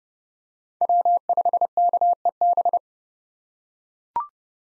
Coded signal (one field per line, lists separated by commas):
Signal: Morse code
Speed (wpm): 30 wpm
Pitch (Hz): 700 Hz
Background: none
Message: W5KEB